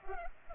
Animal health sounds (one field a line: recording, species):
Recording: mosquito wingbeat signal from an infrared sensor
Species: Culex pipiens